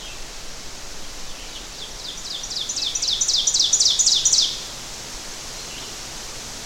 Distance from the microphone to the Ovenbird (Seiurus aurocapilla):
about 10 m